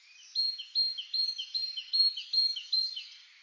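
Bird calls: thin, high two-part chirps repeated about every 0.4 seconds, with no other sounds.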